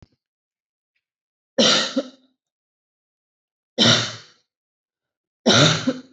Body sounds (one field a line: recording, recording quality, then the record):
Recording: shallow voluntary cough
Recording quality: excellent, no background noise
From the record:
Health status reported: COVID-19 positive, moderate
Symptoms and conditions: cough, sore throat, fatigue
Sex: female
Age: 48 years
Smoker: not ticked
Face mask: not worn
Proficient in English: no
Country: India